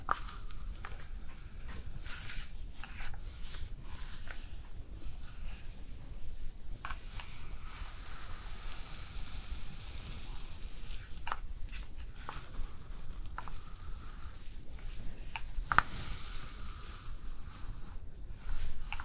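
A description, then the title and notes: Hair is brushed and styled, with soft repeated rubbing and bristly strokes over a steady low rumble. Brief sharp clicks and brighter hissing bursts break in every second or two, and a stronger hiss rises near the end. ASMR Hair Styling Brushing and Curling w Steam (Layered + No Talking).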